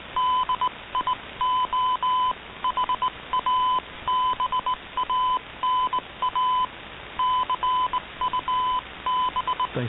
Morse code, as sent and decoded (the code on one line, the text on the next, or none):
-.. .. --- / .... .- -... .- -. .- / -.-. ..- -...
DIO HABANA CUB